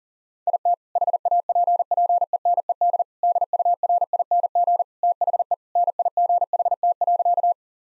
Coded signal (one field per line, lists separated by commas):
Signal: Morse code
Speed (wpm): 37 wpm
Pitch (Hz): 700 Hz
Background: none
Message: IT HAPPENED DURING THE NIGHT.